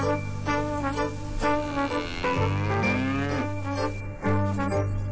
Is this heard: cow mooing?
yes